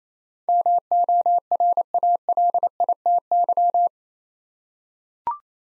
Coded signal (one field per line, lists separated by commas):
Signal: Morse code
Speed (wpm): 27 wpm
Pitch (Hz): 700 Hz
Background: none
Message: MORALITY